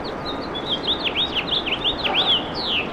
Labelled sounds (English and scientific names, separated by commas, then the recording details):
House Finch (Haemorhous mexicanus) song
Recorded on Long Island, New York, on 24 April 2012
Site AS
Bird A